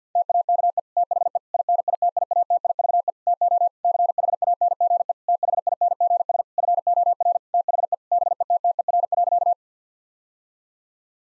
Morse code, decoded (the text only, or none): TAKE THE INITIATIVE TO CHANGE THINGS FOR THE BETTER.